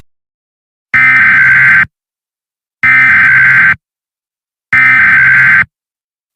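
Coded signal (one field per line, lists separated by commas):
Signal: Emergency Alert System (SAME) tones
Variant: header bursts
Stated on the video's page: Fictional US EAS scenario story.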